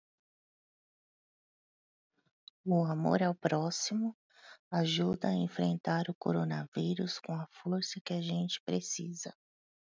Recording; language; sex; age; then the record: spoken sentence; Brazilian Portuguese; female; 50 to 59 years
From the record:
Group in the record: control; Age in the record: 53 years